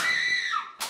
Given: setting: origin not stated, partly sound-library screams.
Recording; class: one-second piece from a danger detection set; woman in danger